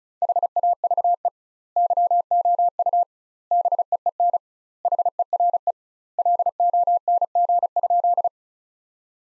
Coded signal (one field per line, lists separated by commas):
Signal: Morse code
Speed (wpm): 36 wpm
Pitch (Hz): 700 Hz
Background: none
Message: HAVE YOU BEEN HERE LONG?